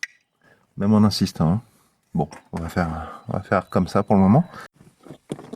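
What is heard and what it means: The plastic clip on the end of a new aftermarket clutch cable is pushed into its pedal/bulkhead mount on a van while someone talks. A short tap at 0.0 seconds is only contact, and a few faint ticks follow near the end. The clip only sits flush and does not click in, even when pushed harder, so nothing has seated or clicked yet.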